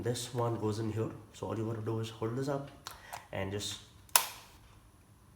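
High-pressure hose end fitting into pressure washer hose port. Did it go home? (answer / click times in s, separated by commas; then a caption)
yes / 4.2 s. Someone talks while holding up the high-pressure hose of a Bosch Aquatak 125 pressure washer and pushing its plastic end fitting into the hose port. A sharp click at 4.2 seconds marks the fitting snapping home, seated and secure.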